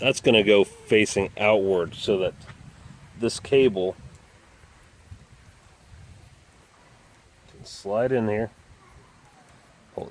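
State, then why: Seated. Someone talks while sliding the metal barrel end of the throttle cable, bigger rounder end facing outward, into its slot on a Stihl string trimmer (FS, FC, KM, HL, 45, 46, 55) during a carburetor replacement, then pulls it tight. After a quiet stretch, two short sharp hits at 10.0 s and 10.0 s mark the cable end seating and locking into place.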